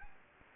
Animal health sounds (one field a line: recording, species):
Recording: mosquito wingbeat signal from an infrared sensor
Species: Anopheles gambiae